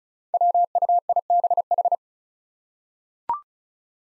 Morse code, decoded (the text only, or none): WUIBH